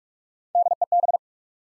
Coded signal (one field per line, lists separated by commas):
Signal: Morse code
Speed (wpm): 46 wpm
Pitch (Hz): 700 Hz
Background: none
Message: DEB